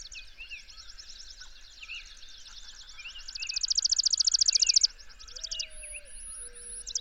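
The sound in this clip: Bird song: soft chirps and slurred notes, then one loud rapid high trill lasting about a second and a half, followed by thin, drawn-out whistles.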